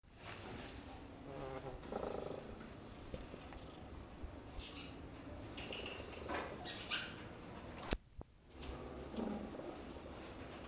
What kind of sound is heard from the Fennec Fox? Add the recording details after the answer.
call. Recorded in captivity. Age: adult. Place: Tierpark Berlin, Berlin, DE. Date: 1966-03-05 14:30. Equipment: Uher 4200 Report Monitor, Sennheiser MD 421, Transistorverstärker 2. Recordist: Tembrock, Günter